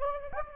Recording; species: mosquito wingbeat signal from an infrared sensor; Anopheles gambiae